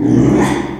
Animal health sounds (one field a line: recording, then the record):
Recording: squeal of a Yucatan mini pig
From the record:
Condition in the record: after surgery on the right vocal fold (resection and tissue-engineered implant)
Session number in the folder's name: 3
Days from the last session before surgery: 33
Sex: male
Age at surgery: 12 weeks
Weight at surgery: 13 kg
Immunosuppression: cyclosporine, prednisolone